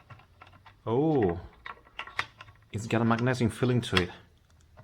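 The battery of a Coxotec DB686 nano curing light is handled at its charging dock, which has a magnet inside that pulls the battery into place. Someone talks while light taps and handling noises are heard. Nothing has seated or clicked yet when the clip ends.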